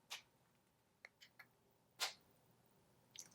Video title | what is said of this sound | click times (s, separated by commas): XL VERSION - RECAP/PRICES - Testing 27 New Lip Products - Little Luxuries | these do have that really nice satisfying snap | 1.0 s, 3.2 s